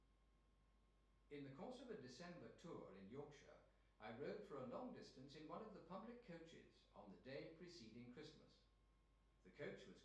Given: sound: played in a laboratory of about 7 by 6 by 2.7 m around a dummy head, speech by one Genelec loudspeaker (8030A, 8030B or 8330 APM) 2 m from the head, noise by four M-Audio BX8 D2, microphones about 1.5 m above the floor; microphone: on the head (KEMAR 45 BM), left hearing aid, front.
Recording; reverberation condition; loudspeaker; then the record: male speech in English; medium; 90 degrees to the right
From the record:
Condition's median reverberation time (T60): about 510 ms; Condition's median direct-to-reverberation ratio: about -0.5 dB